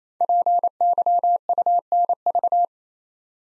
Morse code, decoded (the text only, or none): PYUNV